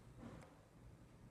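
A metal bobbin sits in the bobbin case of a Viking 650 sewing machine while its thread is handled and drawn back through the front slot toward the tension spring, with only a low, steady background rumble heard. Nothing has seated or clicked yet.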